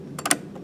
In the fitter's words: going to gently place it in here and tell you hear it snap into place and it